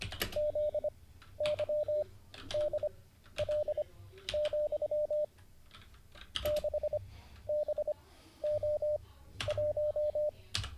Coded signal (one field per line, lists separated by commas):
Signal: Morse code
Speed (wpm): 25 wpm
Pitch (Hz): 600 Hz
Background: none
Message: ZYDL, 6BO1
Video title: N0SSC Learns Morse Code (Day 49) [Livestream]